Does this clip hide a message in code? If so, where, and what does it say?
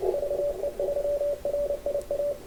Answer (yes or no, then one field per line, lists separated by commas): yes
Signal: Morse code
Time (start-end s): 0.1-2.3 s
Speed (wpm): 29 wpm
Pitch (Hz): 560 Hz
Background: radio noise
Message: VE3RIA